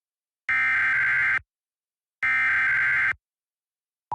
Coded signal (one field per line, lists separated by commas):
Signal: Emergency Alert System (SAME) tones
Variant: header bursts